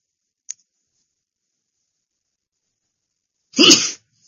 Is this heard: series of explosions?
no